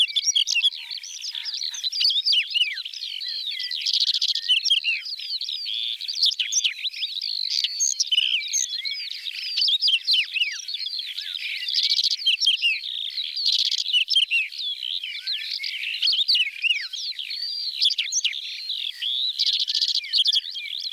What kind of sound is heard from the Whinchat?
song